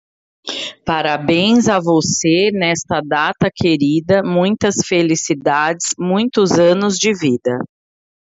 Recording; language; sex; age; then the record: short text; Brazilian Portuguese; female; 40 to 49 years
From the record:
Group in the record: control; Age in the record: 48 years